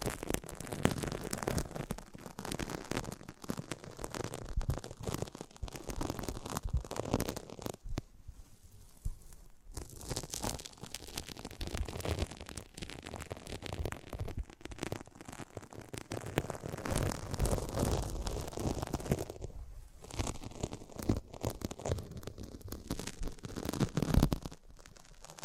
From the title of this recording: ASMR Close Up Mic Treatment